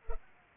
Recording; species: mosquito wingbeat signal from an infrared sensor; Culex pipiens